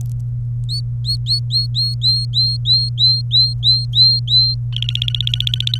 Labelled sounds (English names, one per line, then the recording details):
Domestic Canary song
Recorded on 26 April 2018 at 14:44
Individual llb3